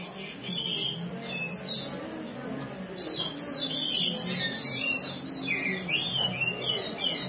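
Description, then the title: Madagascar magpie-robin song of jumbled high chirps and whistles over a steady background hiss and low rumble. Training song. "Masteran Kacer Madagaskar"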